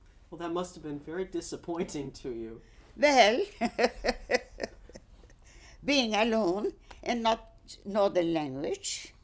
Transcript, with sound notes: Well, that must have been very disappointing to you.
Well... ( she laughs ) Being alone, and not know the language,